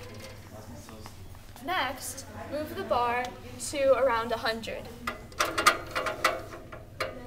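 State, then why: Not seated. On a balance-beam patient scale, the large sliding weight is moved along the metal beam toward the 100 mark. Someone talks, then a series of short, sharp clicks and knocks comes toward the end, with the loudest near the last second. The weight has not yet clicked or seated into its notch.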